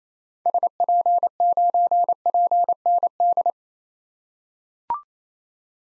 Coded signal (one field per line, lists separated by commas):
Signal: Morse code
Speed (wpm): 28 wpm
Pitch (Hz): 700 Hz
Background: none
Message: SP9PND